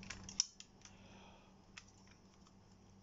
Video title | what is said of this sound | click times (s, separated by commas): Fujikura 36S | The cover opens until it clicks | 0.4 s